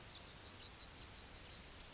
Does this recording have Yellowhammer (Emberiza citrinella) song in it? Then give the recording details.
yes. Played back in grassland. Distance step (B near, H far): F. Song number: 142